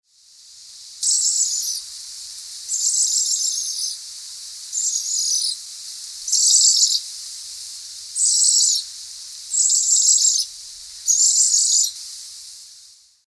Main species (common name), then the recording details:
Scarlet Ibis. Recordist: Tembrock, Günter. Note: Bettellaute